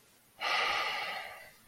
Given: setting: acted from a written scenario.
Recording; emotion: vocal sound without words; guilt